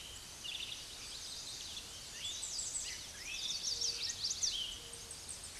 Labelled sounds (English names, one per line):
Chestnut-sided Warbler song